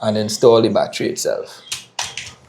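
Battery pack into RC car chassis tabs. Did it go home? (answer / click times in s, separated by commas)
yes / 2.0 s, 2.2 s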